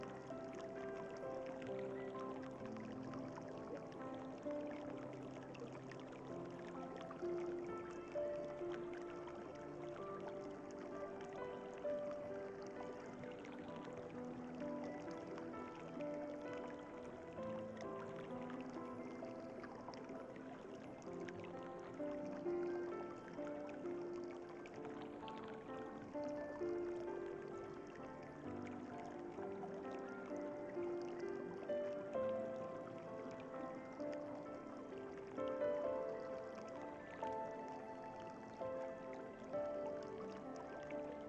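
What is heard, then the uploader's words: Relaxing music plays steadily for the whole stretch, with soft sustained notes in the low and middle range and a gentle, slowly shifting melody above them. A faint watery wash sits underneath, and the level stays even throughout with no sudden events. Peaceful Relaxing Music and Calming Nature Water Sounds.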